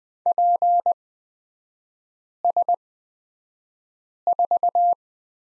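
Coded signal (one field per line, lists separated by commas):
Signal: Morse code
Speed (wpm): 20 wpm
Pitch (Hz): 700 Hz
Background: none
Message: PS4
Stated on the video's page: Morse lesson on the letter Q in three-character groups, Farnsworth speed 20/10 wpm.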